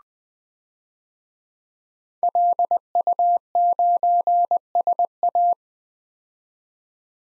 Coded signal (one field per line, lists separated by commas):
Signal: Morse code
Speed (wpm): 20 wpm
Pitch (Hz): 700 Hz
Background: none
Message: LU9SA